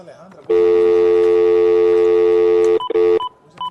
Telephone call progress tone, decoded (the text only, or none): dial tone